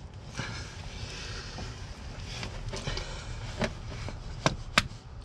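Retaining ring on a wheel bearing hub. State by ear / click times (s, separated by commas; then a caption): seated / 4.8 s. A retaining ring on the front wheel bearing hub assembly of a 2010 Seat Ibiza is worked onto the shaft against a steady background hiss, with short knocks at about 3.6 s and 4.5 s. The ring snaps home into its groove on the hub with a sharp click at 4.8 s, and the hub is seated.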